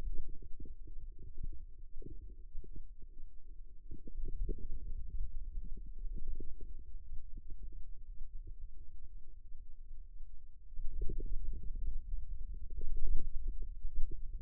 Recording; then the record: forearm muscle sounds (acoustic myography)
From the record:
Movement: ulnar deviation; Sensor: system 2, bracelet of six BSWA MPA416 microphones around the upper forearm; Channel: 6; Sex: male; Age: 22 years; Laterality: right